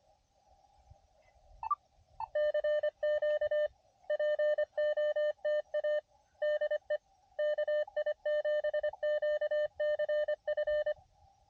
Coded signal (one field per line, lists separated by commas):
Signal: Morse code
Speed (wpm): 25 wpm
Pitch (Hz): 590 Hz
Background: none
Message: CQ POTA DE KI7QCF